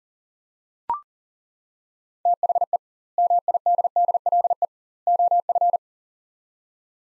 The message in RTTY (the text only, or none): none